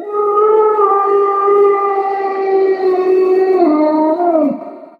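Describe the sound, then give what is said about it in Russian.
A long, sustained howl with a steady, rich harmonic tone that holds for several seconds, then wavers and dips in pitch before fading out, eerie and mournful. “И тут раздался вой.”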